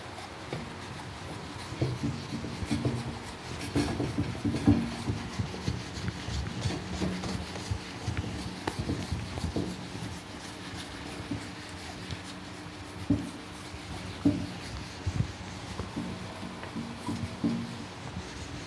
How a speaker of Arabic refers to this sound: قبل أن نعود إلى ابن هشام نمسح اللوحة، حول الكاميرا ما في مشكلة.